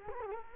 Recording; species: mosquito wingbeat signal from an infrared sensor; Culex quinquefasciatus